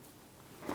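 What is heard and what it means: A red plastic connector position lock on the input speed sensor connector of a 2012-2018 Ford Focus 2.0L L4 is handled as it is being pushed in to lock the connector. Low, quiet handling noise builds into a louder rustling scrape over the last 0.2 seconds. Nothing has seated or clicked yet.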